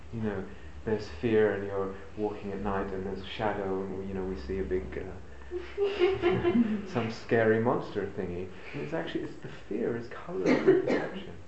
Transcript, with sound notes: You know, there's fear, and you're walking at night, and there's a shadow. You know, we see a big... [laughter] Some scary monster thingy. It's actually that the fear is colouring the perception.